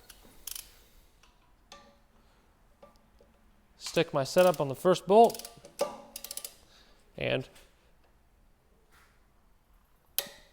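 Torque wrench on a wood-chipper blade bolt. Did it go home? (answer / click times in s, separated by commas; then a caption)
yes / 10.2 s. A torque wrench tightens a new bolt that holds a wood-chipper blade to the steel rotor, with faint mechanical ratcheting and handling sounds while someone talks. The wrench gives one sharp click at the set torque at 10.2 s, confirming the bolt is good.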